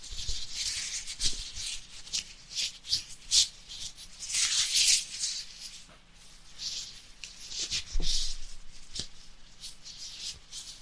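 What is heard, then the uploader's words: Ear cleaning: soft scratchy rubbing and crinkling in bursts, bright and hissy, with stronger swipes around two to three seconds and a long scraping stretch near five seconds. Short pauses and low thumps break it up, ending quieter. ASMR: LIMPEZA DE OUVIDO | EAR CLEANING. ASMR de encenação fazendo um procedimento de limpeza dos seus ouvidos.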